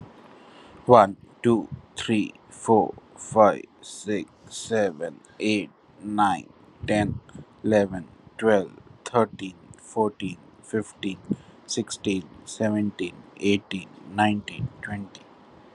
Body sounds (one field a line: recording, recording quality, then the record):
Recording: counting at a normal pace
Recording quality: excellent, no background noise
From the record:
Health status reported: COVID-19 positive, moderate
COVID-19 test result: positive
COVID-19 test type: RT-PCR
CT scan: not taken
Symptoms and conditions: cough, fever, fatigue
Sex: male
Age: 35 years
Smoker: no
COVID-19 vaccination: both doses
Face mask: not worn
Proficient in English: yes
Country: India